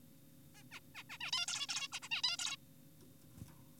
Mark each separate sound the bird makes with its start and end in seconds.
0.55-0.63, 0.72-0.80, 0.95-1.03, 1.10-1.18, 1.21-1.31, 1.33-1.46, 1.48-1.67, 1.69-1.88, 1.92-2.00, 2.02-2.09, 2.11-2.22, 2.24-2.37, 2.39-2.56